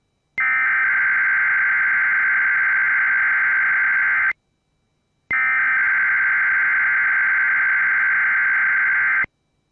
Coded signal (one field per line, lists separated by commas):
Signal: Emergency Alert System (SAME) tones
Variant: header bursts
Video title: Weeklies + One single CAE (EAS 631-643)